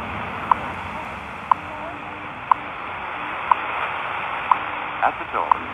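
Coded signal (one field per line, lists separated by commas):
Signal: radio time signal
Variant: WWV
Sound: six short clicks one second apart over hissing shortwave static, faint voice near end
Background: radio static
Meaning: Each tick marks one second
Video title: WWV, 10 MHz from San Francisco, California -- 3:12, 5 May 2020 (UTC)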